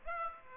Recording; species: mosquito wingbeat signal from an infrared sensor; Aedes aegypti